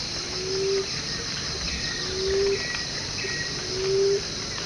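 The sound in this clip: Emerald dove producing three low, mellow coos about every one and a half seconds, nearly drowned by a constant shrill insect chorus.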